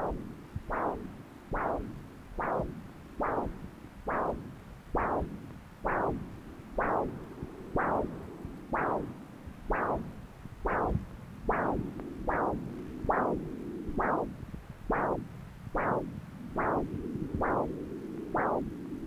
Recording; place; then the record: Doppler ultrasound of blood flow; left subclavian vein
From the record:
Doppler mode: continuous wave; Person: adult scuba diver, at rest before a dive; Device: O'Dive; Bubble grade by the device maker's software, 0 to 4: 0